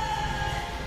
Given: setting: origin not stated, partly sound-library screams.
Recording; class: one-second piece from a danger detection set; woman in danger